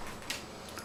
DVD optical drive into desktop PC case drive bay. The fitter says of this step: slide it in till it clicks